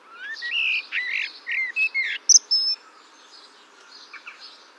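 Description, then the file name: Common blackbird giving a run of mellow fluted whistles, ending in sharp, very high squeaks, followed by soft scattered chirps. "Turdus merula"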